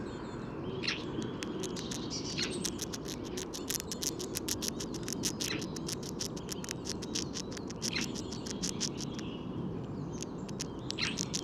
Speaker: Là, je suis pointé sur un écureuil qui est en train de manger une graine.